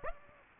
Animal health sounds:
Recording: mosquito wingbeat signal from an infrared sensor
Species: Aedes aegypti

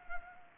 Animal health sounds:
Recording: mosquito wingbeat signal from an infrared sensor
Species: Culex pipiens

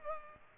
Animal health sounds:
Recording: mosquito wingbeat signal from an infrared sensor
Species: Culex pipiens

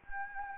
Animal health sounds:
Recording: mosquito wingbeat signal from an infrared sensor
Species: Anopheles gambiae

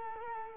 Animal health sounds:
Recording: mosquito wingbeat signal from an infrared sensor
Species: Culex quinquefasciatus

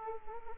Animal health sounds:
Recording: mosquito wingbeat signal from an infrared sensor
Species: Anopheles arabiensis

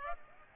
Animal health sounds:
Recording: mosquito wingbeat signal from an infrared sensor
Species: Aedes aegypti

